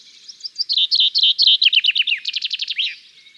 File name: Fringilla coelebs 270411